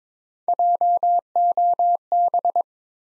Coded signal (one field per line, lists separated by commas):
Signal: Morse code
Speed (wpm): 22 wpm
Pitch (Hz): 700 Hz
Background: none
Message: JOB